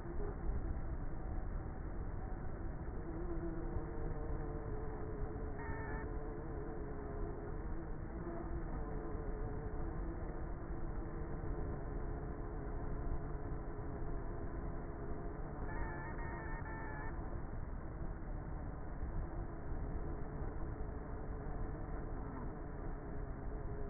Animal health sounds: honeybee colony, microphone inside the hive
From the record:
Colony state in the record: queenless with a low population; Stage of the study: before two queens were removed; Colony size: about 30,000 bees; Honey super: no

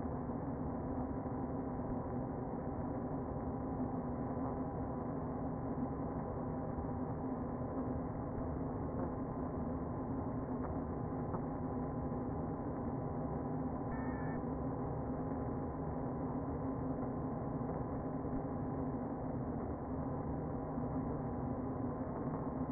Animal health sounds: honeybee colony, microphone inside the hive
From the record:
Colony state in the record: queen present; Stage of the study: before two queens were removed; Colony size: about 60,000 bees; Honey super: yes

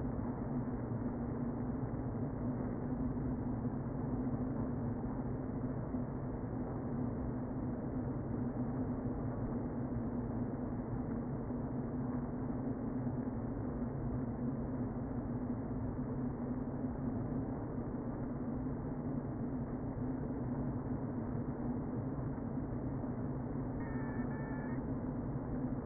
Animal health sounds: honeybee colony, microphone inside the hive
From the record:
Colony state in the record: queen present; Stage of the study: before two queens were removed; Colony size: about 60,000 bees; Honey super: yes

